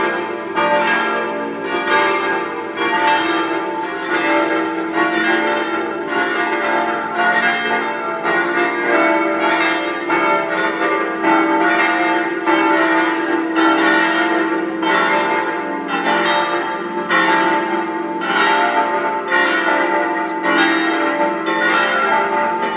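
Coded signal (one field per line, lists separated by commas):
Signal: bell signal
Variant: five swinging church bells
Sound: continuous festive peal of several swinging church bells ringing in overlapping rhythm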